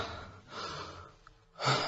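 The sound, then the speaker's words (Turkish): A man, told by a doctor to breathe during an examination, draws in a deep breath, pauses, then exhales audibly in a longer, louder airy rush. The breathy sounds stand alone with no talking. “Nefes alın.”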